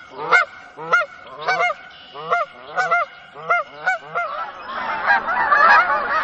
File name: Canadian Geese